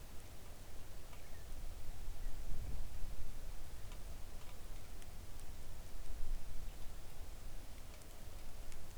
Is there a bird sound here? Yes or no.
yes